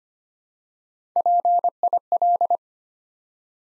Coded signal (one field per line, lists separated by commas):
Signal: Morse code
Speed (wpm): 26 wpm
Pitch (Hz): 700 Hz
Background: none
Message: PIL